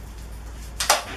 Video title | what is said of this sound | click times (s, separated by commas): Harbor Freight Hercules Miter Saw Stand - Unboxing, Assembly, Features | until it clicks | 0.8 s, 0.9 s